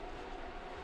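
During an iPad mini 5 screen replacement, a small internal part, likely a flex connector or bracket, is lined up and pressed toward its place in the tablet screen assembly. Only a steady, even broadband hum and rumble is heard, with no sharp hits. Nothing has seated or clicked yet when the clip ends.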